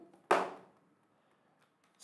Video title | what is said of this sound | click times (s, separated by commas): Ram Upgrade on a Dell Precision 3581 | I'm going to pop the back of the case back on and you should hear it clip | 0.3 s